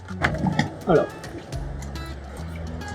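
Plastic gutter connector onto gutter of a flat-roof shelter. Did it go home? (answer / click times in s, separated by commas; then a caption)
yes / 0.2 s. A plastic rainwater gutter connector for a water collector is fitted top part up onto the gutter of a flat-roof shelter, and a sharp, short click at 0.3 s shows it has clipped into place. A few smaller taps follow, then someone talks over steady background noise.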